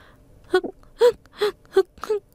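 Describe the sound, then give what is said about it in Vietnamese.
A child breaks into sobbing, five choked, wavering cries in quick bursts with gasping breaths between them, fairly loud and with no talking. “bật khóc tơi tả.”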